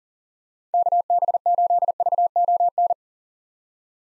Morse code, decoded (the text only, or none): KB8VON